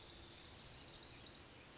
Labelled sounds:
Dark-eyed Junco
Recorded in Sonoma County, California

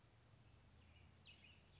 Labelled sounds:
Western Flycatcher
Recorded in Sonoma County, California

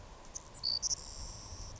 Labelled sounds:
Savannah Sparrow
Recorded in Sonoma County, California

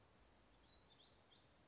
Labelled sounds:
Black-throated Gray Warbler
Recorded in Sonoma County, California

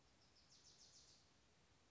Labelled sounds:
Bewick's Wren
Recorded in Sonoma County, California

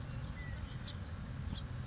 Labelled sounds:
House Finch
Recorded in Sonoma County, California

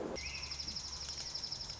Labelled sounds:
Dark-eyed Junco
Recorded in Sonoma County, California

